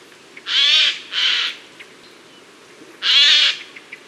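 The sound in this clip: Bird calling with three harsh, raspy bursts, two close together and one after a pause, over a quiet background.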